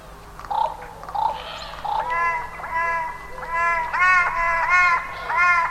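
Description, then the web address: Bird calls: a few soft notes, then a quick run of loud, harmonic, arching calls, with a steady low hum underneath. "cianscape birddata 2025 Bird Only"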